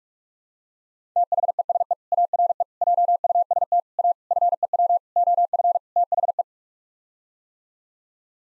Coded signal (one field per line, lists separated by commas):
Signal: Morse code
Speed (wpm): 46 wpm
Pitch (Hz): 700 Hz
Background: none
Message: THESE ARE JUST A FEW OF THE